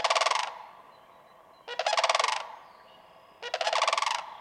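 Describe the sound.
Sandhill crane calling with loud, pulsed, rattling bugles about every two seconds.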